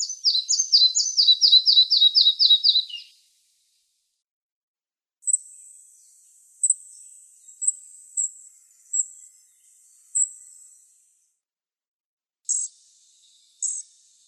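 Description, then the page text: Red-breasted flycatcher song: a quick series of about a dozen descending high whistled notes, followed after a pause by thin, sparse high ticks. "Малая мухоловка"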